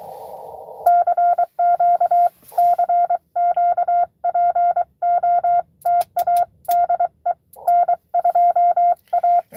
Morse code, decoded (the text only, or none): CQ CQ POTA DE N2A